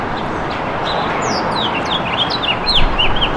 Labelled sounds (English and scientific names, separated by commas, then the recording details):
House Finch (Haemorhous mexicanus) song
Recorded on Long Island, New York, on 11 June 2012
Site HB
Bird D